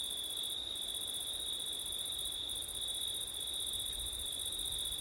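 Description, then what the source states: Cricket chorus of continuous high-pitched trilling in two layered bands, the upper one briefly dropping out twice. Crickets recorded on a September night with wind.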